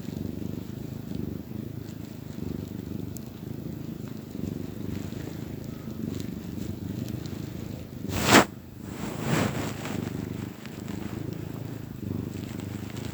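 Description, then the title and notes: Domestic cat purring, a steady low rumble through the stretch, broken by two brief sharp sounds after the middle. Happy cat purring. "Cat Cafe and Art. Happy cat purrs"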